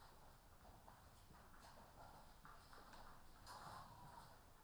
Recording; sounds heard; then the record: poultry house recording; healthy chickens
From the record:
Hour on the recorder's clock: 14